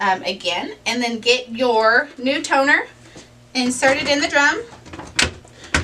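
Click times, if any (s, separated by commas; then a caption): 5.8 s. Someone talks while a new plastic toner cartridge is pushed into the drum unit of a Brother MFC L5850dw laser printer. After a softer knock at 4.9 s and a sharp one at 5.2 s, the cartridge clicks into place at 5.8 s and latches. The click confirms the toner and drum are together.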